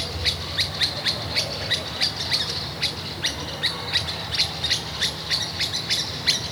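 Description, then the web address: Birds giving sharp high chirps in a fast repeated series, with a low hum underneath. Recorded at a kasbah in Tiznit, part of an oasis soundscape series. "son resonances oasiennes 29 tiznit 13 kasbah oiseaux"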